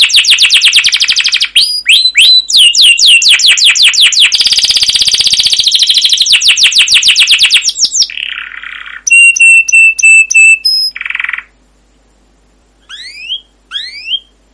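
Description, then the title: Canary singing rolling trills and a dense buzzy passage, then lower harsh buzzes and flat whistled notes, a pause, and a couple of final rising sweeps. Canary (kenari) masteran of long, rolling 'ngerol' 'gacor' song with 'cuit cuit' chirps, used as a lure to prompt other canaries to sing. "CUIT CUIT NGEROL LANGSUNG GACOR PANJANG Kenari Ini AMPUH Utk Pancingan KENAR. Masteran Suara Burung Kenari Gacor Panjang cuit cuit Ngerol untuk Pancingan Kenari!"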